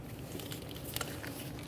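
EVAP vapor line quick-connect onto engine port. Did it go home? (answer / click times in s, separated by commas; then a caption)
no / none. The connector on a new EVAP vapor line of a 2013-2020 Ford Fusion 2.0L L4, fitted during purge solenoid valve replacement, is swung over the cleaned quick-connect port at the front of the engine and pressed toward it. Only soft handling noise and a few faint taps are heard over low background hum. Nothing has seated or clicked yet.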